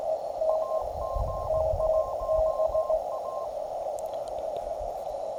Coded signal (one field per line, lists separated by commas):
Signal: Morse code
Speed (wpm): 18 wpm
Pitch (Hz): 1060 Hz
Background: radio noise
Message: AG1A